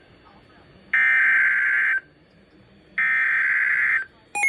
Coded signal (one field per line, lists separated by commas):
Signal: Emergency Alert System (SAME) tones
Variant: header bursts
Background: speech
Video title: Tornado Warning (EAS #824) 6/18/25